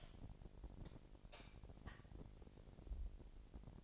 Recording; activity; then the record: daily activity, microphone in the room; light on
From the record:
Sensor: 5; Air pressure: 1012.1 hPa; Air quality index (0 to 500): 248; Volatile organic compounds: 4 ppm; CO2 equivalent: 1654 ppm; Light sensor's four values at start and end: 39/91/38/40 and 40/95/39/42